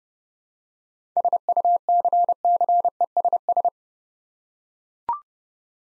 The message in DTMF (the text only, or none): none